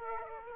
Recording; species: mosquito wingbeat signal from an infrared sensor; Aedes aegypti